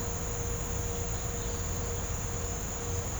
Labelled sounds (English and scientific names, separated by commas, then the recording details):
none
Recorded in pastures near Puerto Asís, Putumayo, Colombia, on 20 December 2024 at 07:30
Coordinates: 0.502, -76.324
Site G077